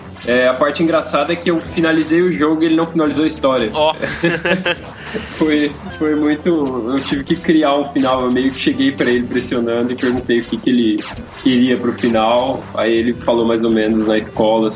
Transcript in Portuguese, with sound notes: É, a parte engraçada é que eu finalizei o jogo e ele não finalizou a história. [risos] Foi Foi muito Eu tive que criar um final. Eu meio que cheguei para ele pressionando e perguntei o que que ele queria para o final, aí ele falou mais ou menos na escola assim.